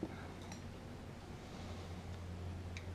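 A steel retaining ring (circlip) is worked by hand toward its groove in the fork slider of a 2018 Indian Scout 100 front fork, just above the newly fitted fork seal. A steady low hum runs throughout, with a few faint light metallic ticks and a brief sharp tick near 2.8 seconds. The ring has not yet seated or clicked into its groove.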